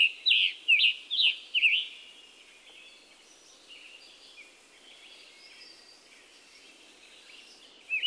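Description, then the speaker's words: Scarlet Tanager singing a short run of burry, hoarse slurred notes, then a quieter spell, with a new phrase beginning at the end. Robin-like but hoarse-sounding sing-song notes; likened to a robin with a sore throat. "Listen to its robin-like but hoarse-sounding sing-song notes and also the diagnostic chick-burr."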